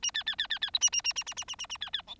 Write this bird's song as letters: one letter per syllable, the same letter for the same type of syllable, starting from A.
A B B B B B C A A A A A A A A A B B D